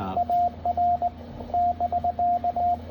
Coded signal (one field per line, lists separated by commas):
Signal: Morse code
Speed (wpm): 19 wpm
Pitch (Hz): 700 Hz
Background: radio noise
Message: AR <BK>